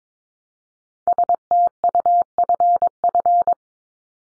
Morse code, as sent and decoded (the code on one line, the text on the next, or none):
... - ..- ..-. ..-.
STUFF